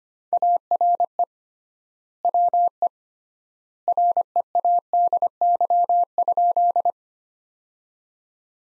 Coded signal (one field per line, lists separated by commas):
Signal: Morse code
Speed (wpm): 25 wpm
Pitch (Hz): 700 Hz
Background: none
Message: ARE WE READY?